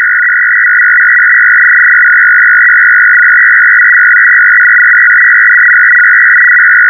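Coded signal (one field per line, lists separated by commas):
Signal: numbers station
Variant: F01 FSK, 500 Hz shift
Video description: Russian digital numbers station F01 FSK 500Hz signal operated on USB +1700Hz. This signal originated from Habana, Cuba and is the digital counterpart to the Russian 6 operator family ran by the GRU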